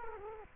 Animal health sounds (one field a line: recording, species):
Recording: mosquito wingbeat signal from an infrared sensor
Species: Culex quinquefasciatus